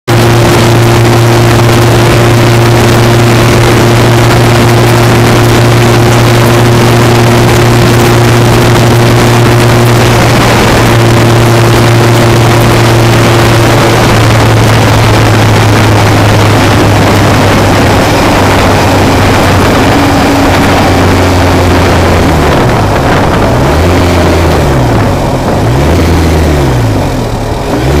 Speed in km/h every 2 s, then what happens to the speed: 124, 126, 126, 127, 127, 124, 124, 114, 105, 100, 93, 81, 60, 50.
0-13 steady at about 126. 13-28 brakes to 50.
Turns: none.